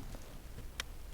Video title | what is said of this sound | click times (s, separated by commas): Cruise Control Install on Fiat/Abarth 500 (NCS Precision Kit) | So that just clicks nicely into there, and that's it, that's popped in. | 0.8 s